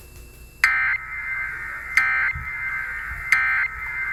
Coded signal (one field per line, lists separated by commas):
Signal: Emergency Alert System (SAME) tones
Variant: end-of-message bursts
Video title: Eas Fwd Sva on KEC55, KEC56, KGAF-AM Eas#1791- 1793)